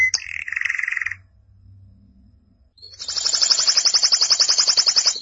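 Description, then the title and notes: Canary song: a short warbled phrase opens, a brief pause follows, then a bright, very fast trill of rapidly repeated notes runs steadily to the end. "BM Suara Kenari. BM Suara Burung Kenari"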